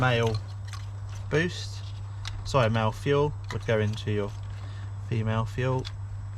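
Someone talks over a steady low hum while the male fuel plug of a TDI tuning box wiring loom is handled toward the female connector of the fuel sensor on a BMW N47 engine in an E60. The plug has not seated or clicked into the connector yet.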